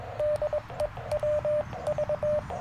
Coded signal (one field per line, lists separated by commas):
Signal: Morse code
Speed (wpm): 22 wpm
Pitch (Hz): 600 Hz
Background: radio noise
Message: DE WV